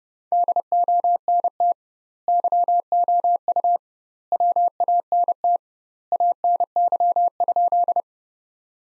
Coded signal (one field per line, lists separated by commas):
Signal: Morse code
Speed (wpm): 30 wpm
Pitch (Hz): 700 Hz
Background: none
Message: DONT YOU WANT ANY?